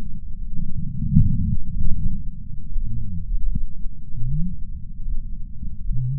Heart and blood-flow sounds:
heart sounds by patch sensor on the chest; 77 bpm
0.37 s: heartbeat
1.16 s: heartbeat
1.94 s: heartbeat
2.72 s: heartbeat
3.50 s: heartbeat
4.28 s: heartbeat
5.06 s: heartbeat
5.85 s: heartbeat
From the record:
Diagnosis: coronary artery disease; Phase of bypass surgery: preoperative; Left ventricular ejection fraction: 63%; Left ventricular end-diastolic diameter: 47 mm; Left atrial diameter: 37 mm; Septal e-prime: 4.5 cm/s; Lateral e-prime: 7.1 cm/s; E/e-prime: 8.6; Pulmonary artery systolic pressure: 20 mmHg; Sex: male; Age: 77 years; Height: 160 cm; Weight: 79.5 kg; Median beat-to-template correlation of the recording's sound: 0.81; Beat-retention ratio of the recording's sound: 0.99

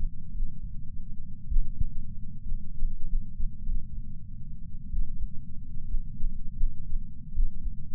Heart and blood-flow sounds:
heart sounds by patch sensor on the chest; 68 bpm
0.29 s: heartbeat
1.45 s: heartbeat
2.43 s: heartbeat
3.05 s: heartbeat
3.61 s: heartbeat
4.89 s: heartbeat
5.85 s: heartbeat
6.55 s: heartbeat
7.31 s: heartbeat
From the record:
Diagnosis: coronary artery disease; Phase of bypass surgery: postoperative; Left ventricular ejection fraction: 41.5%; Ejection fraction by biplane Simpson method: 34.6%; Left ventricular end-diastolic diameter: 67 mm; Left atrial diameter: 53 mm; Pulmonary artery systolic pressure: 24 mmHg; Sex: male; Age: 61 years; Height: 174 cm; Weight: 80 kg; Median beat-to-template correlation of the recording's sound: 0.54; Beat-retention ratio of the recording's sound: 0.99

